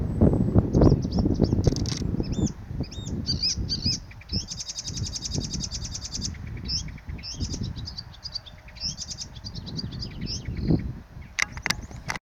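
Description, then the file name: Icterine warbler song: a rapid, varied medley of high chirps, harsh notes and repeated buzzy phrases, with strong low wind rumble throughout. Recorded 31 May 2019 in a thicket near the western Rantum basin. "Gelbspötter am 31 05 2019 im Gehölz nahe des westl Rantumbeckens"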